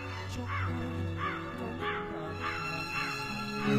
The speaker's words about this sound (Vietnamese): Trên tầng không, bầu trời hôm nay cũng vẫn còn u ám lắm. Thế nhưng một cánh quạ đen bay vọt lên, kêu lên những tiếng thê thiết.